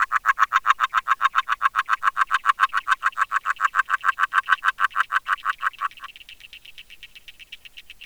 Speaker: avec une température relativement douce, c'est une grenouille agile qui chante sous l'eau à partir de 3 heures du matin.